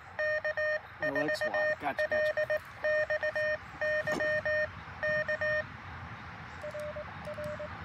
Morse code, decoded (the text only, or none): K4LXY K RR